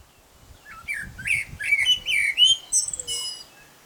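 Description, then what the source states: Common blackbird song: a run of mellow, fluting whistled notes that rise and fall, finishing with a thin, high-pitched twittering flourish. Male song.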